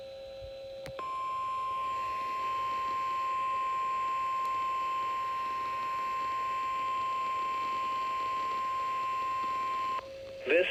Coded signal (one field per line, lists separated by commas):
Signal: Emergency Alert System (SAME) tones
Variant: 1050 Hz attention tone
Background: speech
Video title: EAS #054 Severe Thunderstorm Watch (My County)